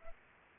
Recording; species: mosquito wingbeat signal from an infrared sensor; Anopheles arabiensis